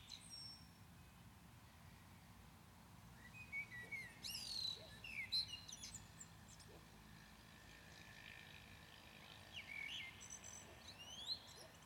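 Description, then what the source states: Common blackbird singing brief high notes at the start, then two phrases, each a rich, varied warble finished with high scratchy twitters, with a quiet pause between them and low background noise. Recorded at Maindy.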